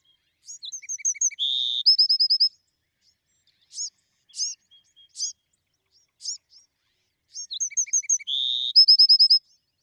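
Bewick's wren song: two phrases, each opening with thin high notes, then a low buzzy note and a fast bright trill, with scattered sharp chips between them.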